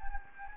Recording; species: mosquito wingbeat signal from an infrared sensor; Anopheles gambiae